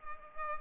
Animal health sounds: mosquito wingbeat signal from an infrared sensor; Culex pipiens

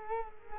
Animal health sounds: mosquito wingbeat signal from an infrared sensor; Culex quinquefasciatus

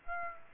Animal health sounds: mosquito wingbeat signal from an infrared sensor; Aedes aegypti

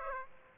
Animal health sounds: mosquito wingbeat signal from an infrared sensor; Aedes aegypti

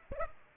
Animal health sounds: mosquito wingbeat signal from an infrared sensor; Aedes aegypti

